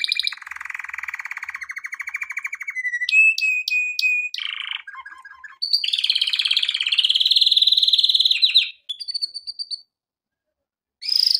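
Canary song with long rolling trills, a steady whistled tone with pulsed notes, low chattering notes, then a loud buzzy trill and short whistles.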